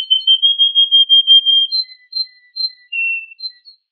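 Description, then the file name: Yorkshire canary song, a long level whistled tone followed by spaced short whistles at changing pitches. Canary song combining Yorkshire and Russian styles. "kombinasi yorkshire vs rusia"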